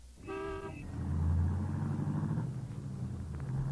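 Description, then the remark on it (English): A car horn toots briefly at the start, then a steady low engine rumble swells and continues as Mr. and Mrs. Morgan drive along in their car on their way to a restaurant, with no talking. “Morgan are in their car now.”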